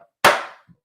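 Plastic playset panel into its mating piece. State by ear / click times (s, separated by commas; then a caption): seated / 0.2 s. A plastic panel of a toy playset is pressed into its mating piece and seats with a loud, sharp snap at 0.2 seconds. The snap is broadband and fades out over about a third of a second, and a faint low tap follows near 0.7 seconds.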